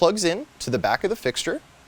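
Someone talks about a sealed, water-resistant 12-inch Deutsch pigtail connector being handled at the socket on the back of a Golight 4021 LED work light housing. Only speech is heard, with no click, and nothing has seated or clicked yet.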